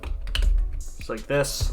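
A plastic missile pod accessory is tabbed onto the tank turret of a transforming Transformers Legacy Leader Class Blitzwing figure. Small plastic clicks and taps are heard, and the pod seats with a sharp snap at 0.4 s. Someone talks near the end.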